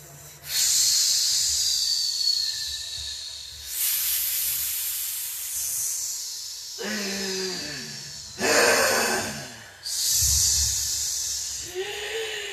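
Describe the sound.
Loud, snake-like hissing comes in long breathy bursts, several drawn-out hisses separated by short pauses, with faint vocal undertones in a few of them.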